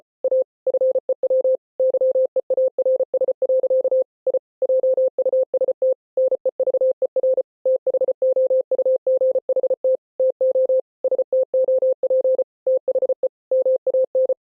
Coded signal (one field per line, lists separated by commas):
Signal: Morse code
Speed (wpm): 33 wpm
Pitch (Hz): 520 Hz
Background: none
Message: A FEW YEARS. I JUST NEVER THOUGHT TO STOP THE MAN